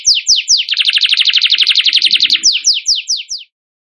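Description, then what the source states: Bird song as a fast series of sharply falling, whistled notes that speed up into a rapid rattling run, then slow again before stopping. Masteran (training song for songbirds) in the tembakan gacor style.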